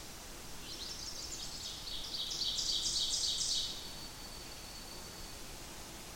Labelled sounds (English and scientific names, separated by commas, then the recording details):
Ovenbird (Seiurus aurocapilla) song
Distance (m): 35 m
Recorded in boreal forest in Alberta, Canada, on 8 June 2016 at 07:24
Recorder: SongMeter 3, array SBT-3-9
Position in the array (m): 51 m, 108 m
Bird 33